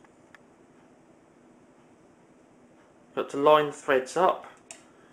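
A threaded rubber bung is twisted against the plastic cable-entry thread of an MK 63A Commando K9063 industrial plug to line the threads up before it screws in. Faint ticks are heard at about 0.4 s and 4.7 s, with someone talking in between. Nothing has seated or clicked yet.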